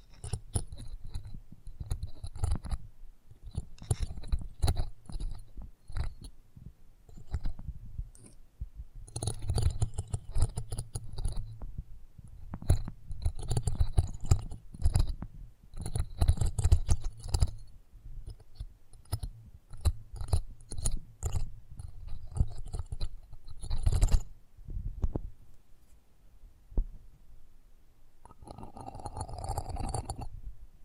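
Close-up mic handling: irregular rubbing, tapping and crackling bursts, with a thick low thump under most of them. The sounds come in dense clusters with brief quieter gaps, especially around 25 seconds. A faint hiss and scratchy bright edges run through the busier stretches.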